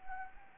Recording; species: mosquito wingbeat signal from an infrared sensor; Anopheles arabiensis